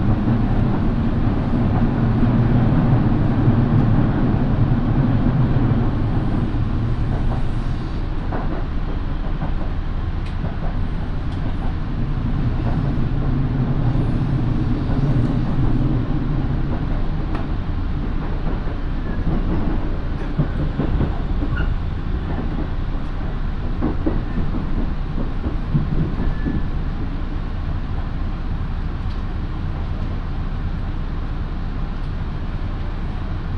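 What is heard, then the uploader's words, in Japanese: A local train on the Minobu Line runs between Shibakawa and Minobu, a heavy, steady low rumble filling the whole stretch. A low motor hum swells around the first few seconds and again near fifteen, while scattered rattles and clicks from the rails come through. 身延線普通 芝川→身延。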